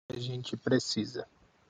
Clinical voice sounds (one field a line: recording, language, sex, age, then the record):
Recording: spoken sentence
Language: Brazilian Portuguese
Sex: male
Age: 30 to 39 years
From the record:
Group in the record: control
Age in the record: 38 years